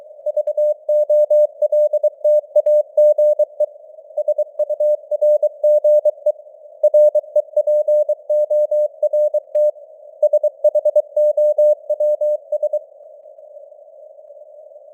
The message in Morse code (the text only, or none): VOLTAGE SURGE REPORT SHOWS